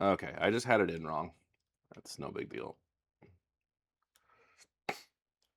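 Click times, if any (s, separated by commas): 4.9 s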